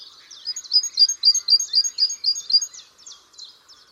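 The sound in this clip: Bird calling in a quick run of about a dozen sharp, high chirps, then trailing off into softer, scattered twitters.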